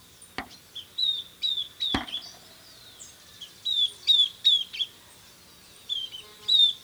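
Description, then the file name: Southern beardless tyrannulet calling, high thin descending whistled notes given in short runs of two to four, with two sharp clicks near the start. "Camptostoma obsoletum - Southern Beardless Tyrannulet"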